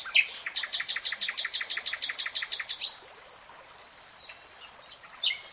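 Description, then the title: Nightingale song: a long, fast, even run of repeated clicking notes lasting about three seconds, then a pause, then a few more notes. Nightingale singing, in a 3-hour real-time recording. "[Tiếng chim hót] 3 Hours REALTIME Nightingale Singing"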